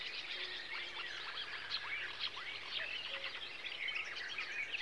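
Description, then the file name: Several birds singing together, bright chirps, slurred whistles and short rising notes layered densely, with a couple of lower drawn-out tones drifting beneath. Summer birdsong. "Sommer fugle bier"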